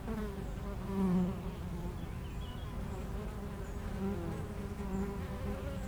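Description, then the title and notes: Honey bee buzzing forms a constant low drone, one bee swelling briefly near the start, with soft bird notes high in the background. Between two hives of an apiary garden in Aix-les-Bains, France; bees foraging, making constant trips to flowers; some birds in the neighbouring wood. "41 Chem. de Memard, 73100 Aix-les-Bains, France - Les abeilles. Entre deux ruches du rucher du jardin vagabond à Aix-les-bains les abeilles sont en pleine collecte et font d'incessants aller retour vers les fleurs, quelques oiseaux dans le bois voisin"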